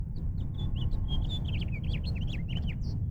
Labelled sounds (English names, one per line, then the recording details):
House Finch song
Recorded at Oceanside on Long Island, New York, on 17 June 1975
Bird E